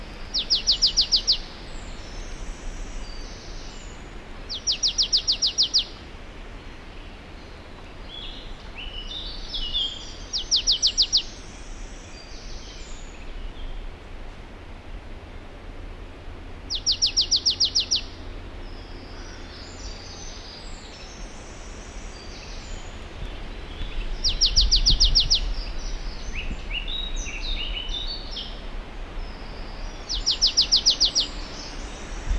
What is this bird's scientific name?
Poecile palustris